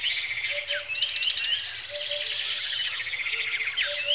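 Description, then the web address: Birds singing together in a busy chorus of fast chirps, trills and short whistles, with a soft low note repeating in the background. Lakeside birdsong in Kenya, Africa, early in the morning. "A Természet hangjai - Madárdal A Természet hangjai - Afrika, Kenya - Tópart madárcsicsergéssel kora reggel"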